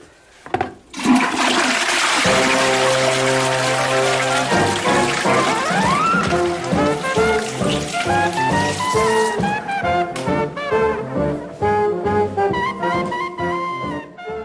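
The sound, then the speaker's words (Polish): A toilet flushes with a loud, rushing whoosh of water that lasts several seconds, while tonal music swells underneath and carries on alone after the flush drains away. “Myślę, że możemy puścić wodę, co?”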